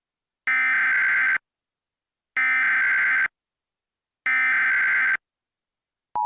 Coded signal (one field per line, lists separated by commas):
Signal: Emergency Alert System (SAME) tones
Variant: header bursts